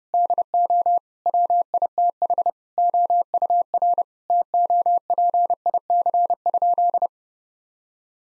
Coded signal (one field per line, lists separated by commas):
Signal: Morse code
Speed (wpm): 32 wpm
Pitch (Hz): 700 Hz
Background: none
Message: DO WITH OUR TOPIC?